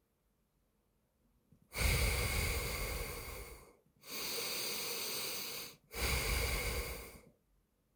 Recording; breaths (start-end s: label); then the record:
nose breathing near a microphone
1.39-3.74 s: exhalation
3.74-5.64 s: inhalation
5.64-7.04 s: exhalation
From the record:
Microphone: phone